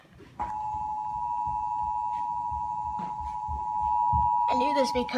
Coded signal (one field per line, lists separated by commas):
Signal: Emergency Alert System (SAME) tones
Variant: 853 and 960 Hz attention tone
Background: speech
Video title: NC AMBER ALERT AGAIN *for Polk County (Child Abduction Emergency EAS 1,002)